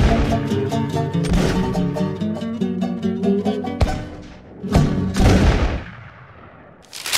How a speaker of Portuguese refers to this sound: A gente tinha que falar da guerra mesmo, e a guerra? Que guerra? Os tiros.